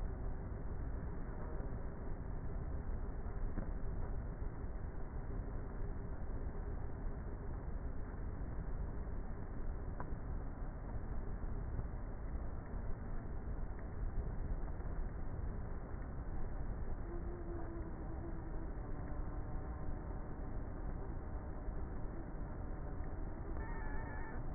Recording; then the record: honeybee colony, microphone inside the hive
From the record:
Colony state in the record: queenless with a low population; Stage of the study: before two queens were removed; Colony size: about 30,000 bees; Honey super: no